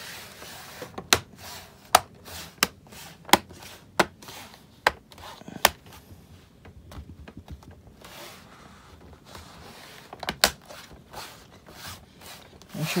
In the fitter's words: sure you hear a click for every side just